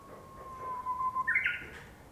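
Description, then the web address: Japanese bush warbler song: a long steady whistle, then a higher, rapid two-part flourish, over light background noise. "torimoti uguisu"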